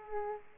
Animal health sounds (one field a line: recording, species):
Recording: mosquito wingbeat signal from an infrared sensor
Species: Aedes aegypti